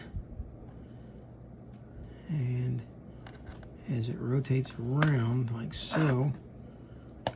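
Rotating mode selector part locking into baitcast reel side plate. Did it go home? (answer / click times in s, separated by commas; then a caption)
yes / 7.3 s. A small, fragile rotating mode selector part on a Daiwa Procaster PR733 baitcast fishing reel is turned around by hand into the reel's side plate while someone talks. A few faint ticks occur near 3.3 and 3.6 seconds, then a sharp, loud click at 7.3 seconds as the part locks into place, seated.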